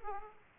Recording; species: mosquito wingbeat signal from an infrared sensor; Aedes aegypti